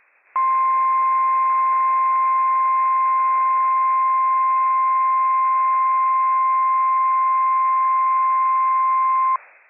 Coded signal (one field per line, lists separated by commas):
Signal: Emergency Alert System (SAME) tones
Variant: 1050 Hz attention tone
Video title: WWF56 Required Weekly Test from NWS Pendleton, Oregon - EAS #316 - 10:15 AM PDT 6/14/23